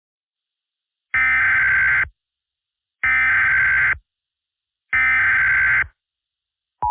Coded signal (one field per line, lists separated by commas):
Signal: Emergency Alert System (SAME) tones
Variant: header bursts